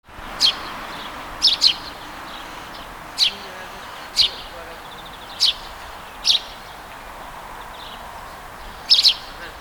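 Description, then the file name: House sparrow chirps: seven short, bright bursts, some doubled, irregularly spaced over a faint steady background hiss. "Passer domesticus"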